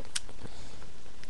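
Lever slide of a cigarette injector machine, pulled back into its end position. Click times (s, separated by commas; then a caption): 0.2 s. The lever slide of a handheld cigarette-filling (injector) machine, held with both thumbs, is pulled back into its end position. It gives one sharp, bright click at 0.2 s as it reaches the end of its stroke and seats, with only a few faint ticks around it against a quiet background.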